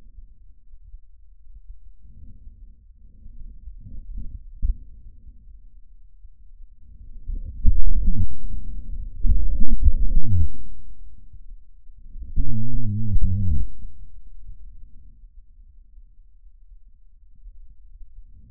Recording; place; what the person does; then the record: lung sounds by stethoscope; trachea; quiet breathing, then cough and speech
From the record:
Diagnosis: interstitial lung disease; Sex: male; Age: 61 years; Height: 172 cm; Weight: 71 kg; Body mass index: 24.0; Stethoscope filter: bell mode